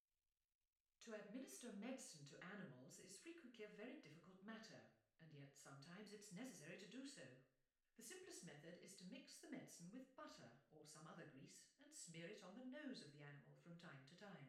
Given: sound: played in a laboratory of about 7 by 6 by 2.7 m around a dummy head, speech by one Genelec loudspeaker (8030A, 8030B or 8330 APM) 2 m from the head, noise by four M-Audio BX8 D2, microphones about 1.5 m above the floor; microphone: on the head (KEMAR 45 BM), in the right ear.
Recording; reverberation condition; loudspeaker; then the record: female speech in English; medium; behind (180 degrees)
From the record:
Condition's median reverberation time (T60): about 510 ms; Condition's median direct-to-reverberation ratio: about -0.5 dB